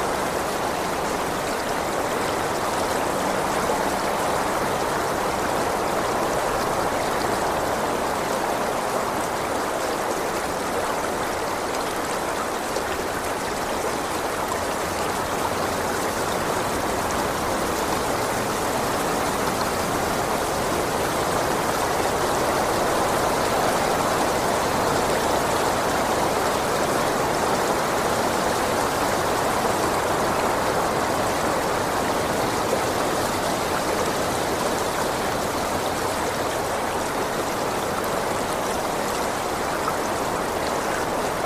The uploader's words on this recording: Mountain Stream on Windy Day. Ambient nature sounds.